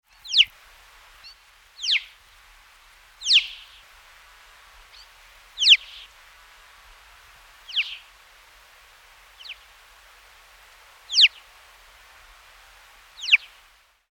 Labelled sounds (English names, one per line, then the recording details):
Alpine Chough
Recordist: Tembrock, Günter
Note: Flugrufe